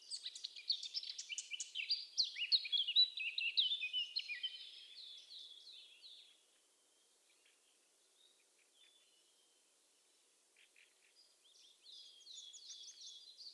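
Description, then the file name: Eurasian blackcap song: a fast, busy warble for about six seconds, near silence for several seconds, then another short burst of high chattering notes. "Sylvia atricapilla"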